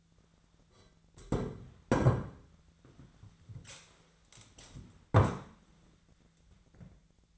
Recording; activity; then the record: daily activity, microphone in the room; sit down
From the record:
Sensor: 3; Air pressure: 1008.1 hPa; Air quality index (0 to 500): 192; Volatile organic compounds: 14 ppm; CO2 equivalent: 2463 ppm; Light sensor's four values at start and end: 9/21/9/9 and 12/29/12/12